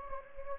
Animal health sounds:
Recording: mosquito wingbeat signal from an infrared sensor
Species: Anopheles gambiae

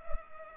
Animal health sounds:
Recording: mosquito wingbeat signal from an infrared sensor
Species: Culex pipiens

